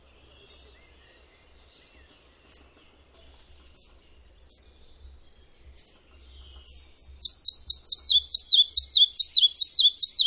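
Bird giving several isolated high ticking notes spaced a second or two apart, followed by a rapid series of bright downslurred chirps repeated steadily to the end.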